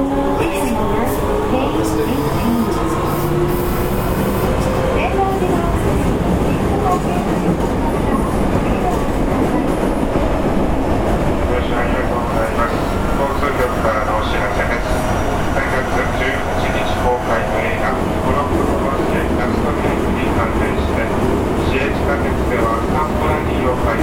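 An Osaka subway 66 series train runs with a steady low rumble and rattling wheels, whining tones sliding upward early, and faint voices.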